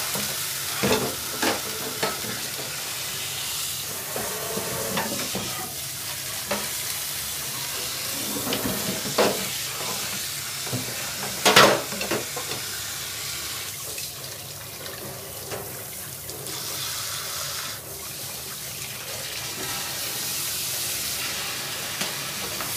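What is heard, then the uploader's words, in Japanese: Deep-frying food crackles and sizzles steadily for the whole stretch, a dense, bright hiss with fine popping throughout. Sharper pops and clicks break through now and then, with the loudest burst near the middle, around eleven seconds, likely a utensil touching the pan. 揚げ物の音。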